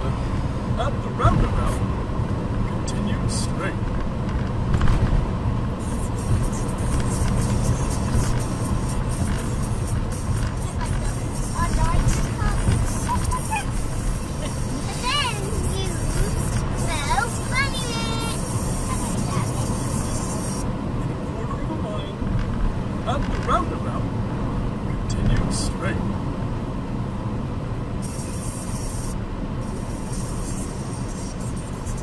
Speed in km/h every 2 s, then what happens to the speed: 79, 79, 79, 79, 79, 79, 79, 79, 79, 77, 76, 76, 76, 76, 74, 74.
0-32 steady at about 79.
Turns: none.